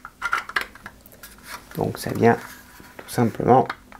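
The second plastic half of the fuel tank on a 1/4 scale motorcycle model is handled and pressed between the parts, with no screws used, while someone talks. Light plastic clicks and taps come early, followed by speech and a faint tick near the end. Nothing has seated or clicked into place yet.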